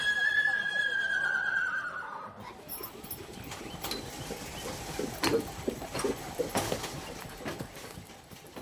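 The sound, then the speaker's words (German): A horse gives a high, wavering neigh that slides downward, then hooves clatter in a steady trotting rhythm as horses do trot work on a horse walker machine, with sharp, irregular knocks over a rumbling background. “So, diese Pferde haben jetzt heute hier Trabarbeit.”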